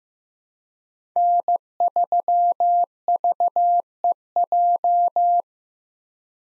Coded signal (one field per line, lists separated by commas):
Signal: Morse code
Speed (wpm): 15 wpm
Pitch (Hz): 700 Hz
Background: none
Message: N3VEJ